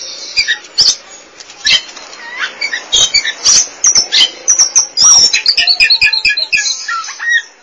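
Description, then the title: Oriental magpie-robin song: quiet start, then a busy stream of high chirps, rapid trills and short whistled slurs. Song (kicauan). "Suara Kicauan Burung Kacer"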